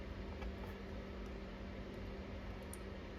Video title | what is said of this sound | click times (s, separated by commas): 2011-2014 Ford Raptor Paddle Shifter Kit Installation | Feel it click. | 2.7 s